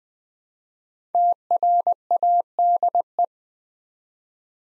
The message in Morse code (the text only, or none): TRADE